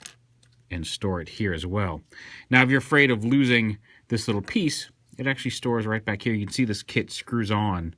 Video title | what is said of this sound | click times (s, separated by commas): Bennington Bots BRAWL Shapeways Upgrade Kit | You can pop off one here on the turret itself | 0.1 s